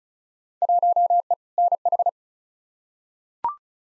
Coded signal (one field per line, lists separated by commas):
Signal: Morse code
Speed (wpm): 36 wpm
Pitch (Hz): 700 Hz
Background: none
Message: 1E NH